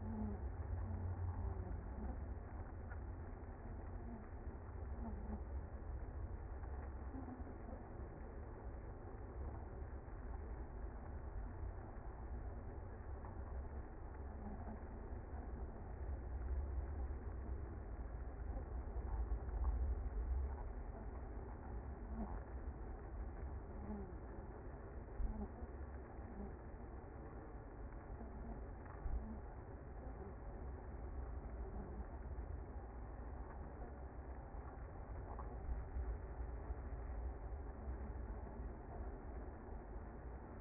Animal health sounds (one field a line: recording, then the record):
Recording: honeybee colony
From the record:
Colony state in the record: active